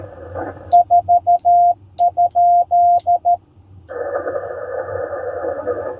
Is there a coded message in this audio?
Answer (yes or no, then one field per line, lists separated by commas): yes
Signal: Morse code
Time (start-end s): 0.7-3.4 s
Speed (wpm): 14 wpm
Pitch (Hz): 700 Hz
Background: radio noise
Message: 4?